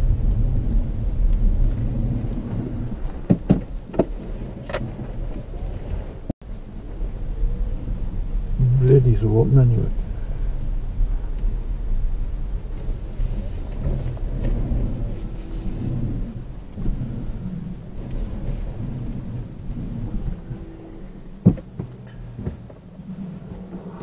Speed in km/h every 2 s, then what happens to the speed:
3, 0, 0, 3, 2, 0, 2, 0, 0, 0, 0, 0.
1-24 standing.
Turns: none.